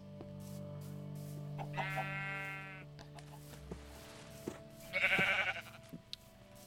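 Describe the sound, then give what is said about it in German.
Two wavering video game sheep bleats, the first mid-pitched and buzzy, the second higher and louder, over a steady low game-music drone with scattered soft clicks and thuds. “Die Schafe sind am Meckern, ich bin am Meckern.”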